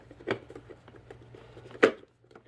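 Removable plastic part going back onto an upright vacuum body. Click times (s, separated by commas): 1.8 s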